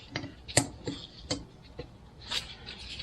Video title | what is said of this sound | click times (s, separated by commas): NEVER BEFORE SEEN: RK and TYM T25 Hub Bearing Seal Replacement - E131 | and it just snaps right in | 0.6 s